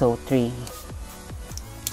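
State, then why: Seated. Someone talks briefly while extending the aluminum leg sections of a Selens T-170 mini tripod, and a faint background tone sweeps downward. Each leg section seats into the next leg tube with a short sharp click, at 1.6 s and 1.9 s, locking into place.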